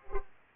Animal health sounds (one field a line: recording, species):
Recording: mosquito wingbeat signal from an infrared sensor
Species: Culex pipiens